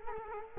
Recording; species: mosquito wingbeat signal from an infrared sensor; Culex quinquefasciatus